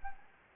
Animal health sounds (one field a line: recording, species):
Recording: mosquito wingbeat signal from an infrared sensor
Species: Anopheles gambiae